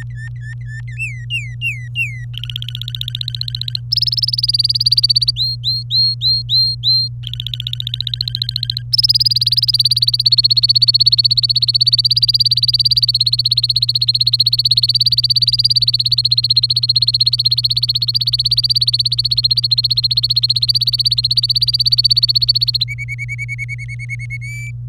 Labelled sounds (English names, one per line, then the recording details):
Domestic Canary song
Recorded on 24 April 2018 at 10:39
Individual llb3